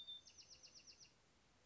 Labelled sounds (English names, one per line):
Bewick's Wren